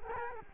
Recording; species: mosquito wingbeat signal from an infrared sensor; Culex quinquefasciatus